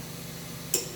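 A click-type torque wrench set to 100 is pulled smoothly on a steel wheel lug nut over a low steady hum, and one sharp click sounds at 0.7 s. The nut does not turn before the click, which shows it was already over-tightened with the ratchet.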